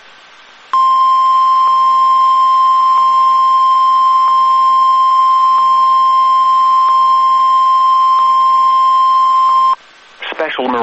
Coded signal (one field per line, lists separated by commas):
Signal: Emergency Alert System (SAME) tones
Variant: 1050 Hz attention tone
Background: speech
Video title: Special Marine Warning (EAS #48)